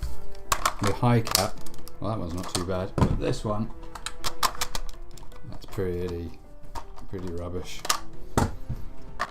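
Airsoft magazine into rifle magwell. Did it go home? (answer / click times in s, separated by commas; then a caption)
yes / 8.4 s. Someone talks while a mid-cap airsoft magazine is inserted into the magwell of an Ares G36 replica, in contrast to a poorly fitting hi-cap magazine, with a few short handling knocks along the way. At 8.4 s a solid click shows the magazine has seated in the magwell.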